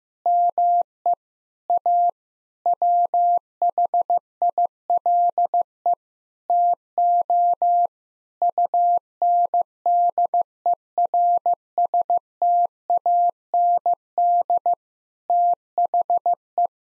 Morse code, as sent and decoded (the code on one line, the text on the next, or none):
-- . / .- / .-- .... .. .-.. . / - --- / ..- -. -.. . .-. ... - .- -. -.. / - .... .
ME A WHILE TO UNDERSTAND THE